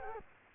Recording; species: mosquito wingbeat signal from an infrared sensor; Culex quinquefasciatus